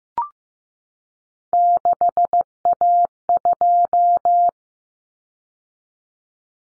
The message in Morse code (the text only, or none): 6A2